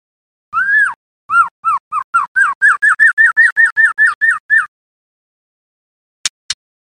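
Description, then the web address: White-rumped shama song: a drawn-out whistle, then a long even run of many quick, clear, repeated whistled notes, followed by silence and two sharp clicks. Song with 'isian perih' filler phrases, used as masteran for training songbirds. "audio murai-isian-perih. masteran"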